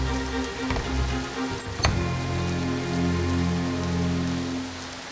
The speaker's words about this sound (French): La pluie tombe longtemps, très longtemps. Il y a de l'eau partout sur la terre, jusqu'en haut des montagnes, et le bateau flotte.